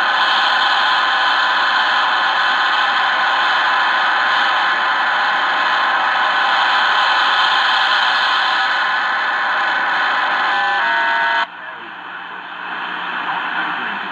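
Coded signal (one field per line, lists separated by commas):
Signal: numbers station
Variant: HM01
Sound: dense steady hiss-like data signal with faint tones, abruptly changing near the end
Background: radio static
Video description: Here is some audio from HM01, the Cuban Spy Numbers station with WBCQ heard underneath it on 9330 KHz.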